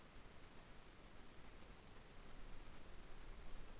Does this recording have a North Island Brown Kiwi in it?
no